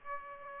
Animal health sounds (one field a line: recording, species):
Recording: mosquito wingbeat signal from an infrared sensor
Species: Aedes aegypti